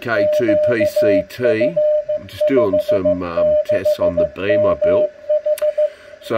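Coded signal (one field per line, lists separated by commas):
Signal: Morse code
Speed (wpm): 15 wpm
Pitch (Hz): 600 Hz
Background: speech, radio noise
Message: QF56MH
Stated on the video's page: Local 10 m beacon received on a homemade 3-element beam only six feet high, with preamp on, at S1-S2 off the back and S5-S6 when pointed at it.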